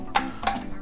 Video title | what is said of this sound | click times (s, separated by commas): Enrock EKMR20SL / EKMR20WT - Unbox and Install | you should almost hear those two clicks and it's locked down and secure it's not going to go anywhere | 0.2 s, 0.5 s